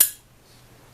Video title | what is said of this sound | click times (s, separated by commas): Kimber Pro Raptor 1911 Complete Breakdown and Reassemble | You'll hear an audible click as it pops into place. | 0.0 s